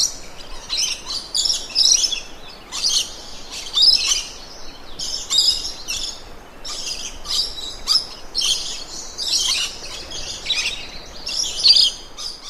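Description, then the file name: Lorikeet chattering screeches, harsh raspy bursts repeated irregularly throughout. "Лори -Лорикет -Попугай -Голоса-птиц"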